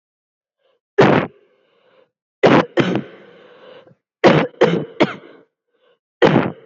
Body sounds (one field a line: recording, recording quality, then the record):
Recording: heavy voluntary cough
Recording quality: moderate, slight background noise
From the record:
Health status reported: COVID-19 positive, moderate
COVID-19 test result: positive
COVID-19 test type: RT-PCR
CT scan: not taken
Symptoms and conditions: fever, fatigue, loss of smell and taste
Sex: female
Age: 21 years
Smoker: no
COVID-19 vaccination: both doses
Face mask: not worn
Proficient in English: yes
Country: India